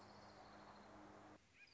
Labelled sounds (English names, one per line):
Orange-crowned Warbler